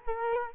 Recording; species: mosquito wingbeat signal from an infrared sensor; Culex quinquefasciatus